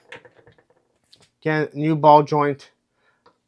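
The plastic head of a GI Joe Classified Nemesis Immortal action figure is pulled off its neck ball joint, giving a sharp pop at 0.1 s, followed by a few faint handling ticks. Someone then talks, and the head comes free of the ball joint.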